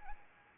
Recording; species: mosquito wingbeat signal from an infrared sensor; Anopheles arabiensis